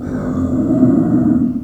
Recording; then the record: squeal of a Yucatan mini pig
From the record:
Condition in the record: after surgery on the right vocal fold (resection and tissue-engineered implant); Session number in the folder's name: 5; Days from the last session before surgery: 33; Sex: female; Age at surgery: 19 weeks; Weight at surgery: 25 kg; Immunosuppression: prednisolone